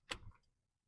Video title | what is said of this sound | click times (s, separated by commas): Upper Shroud Carbon Fiber Covers by Tesery - [Cybertruck Accessory Review] | Feel it click. | 0.1 s